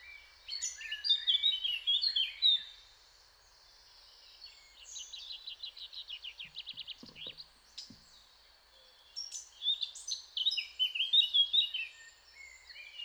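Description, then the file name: Eurasian blackcap song: repeated phrases of fast, scratchy warbling and brighter chirps, with quieter chattering runs between them. A steady low hiss of background noise runs throughout. "Sylvia atricapilla"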